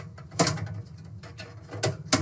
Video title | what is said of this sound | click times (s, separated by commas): Unit 2 - Install the Motherboard. | and along the edges and you'll hear it snap into place | 0.4 s, 1.8 s, 2.1 s